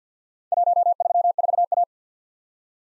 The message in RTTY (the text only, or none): none